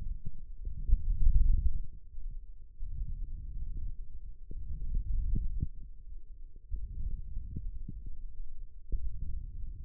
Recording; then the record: forearm muscle sounds (acoustic myography)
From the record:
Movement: hook grip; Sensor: system 1, eight BSWA MPA416 microphones around the upper forearm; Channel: 3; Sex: male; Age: 18 years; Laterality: right